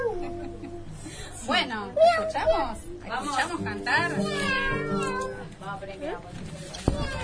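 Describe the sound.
A child imitates a cat with a string of high, wavering meows, some drawn out and sliding in pitch, while an adult's voice talks over them; a sharp tap sounds near the end.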